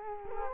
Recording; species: mosquito wingbeat signal from an infrared sensor; Culex quinquefasciatus